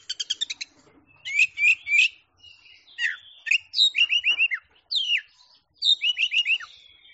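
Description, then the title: Oriental magpie-robin song: rapid trills followed by loud, varied whistled phrases with sharp downslurred notes, in bursts separated by short pauses. Champion singing bird. "Kicau Burung Kacer Juara"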